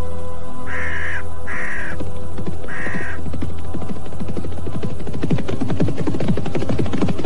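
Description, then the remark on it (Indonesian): Three harsh, raspy crow caws ring out in quick succession over a steady low hum as the crows crowd around a carcass and a man shouts to shoo them away, followed by a busier stretch of dense, fluttering clatter. “Pergi! Pergi kau burung-burung setan!”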